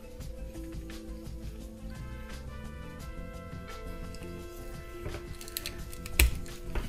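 A plastic part is fitted over the top of another part of a Bandai PG 00 Raiser (00 Gundam) model kit arm assembly, with music playing in the background. Light plastic handling ticks come around 5.4 to 6.1 seconds, followed by a sharp, positive click at 6.2 seconds as the part seats in place.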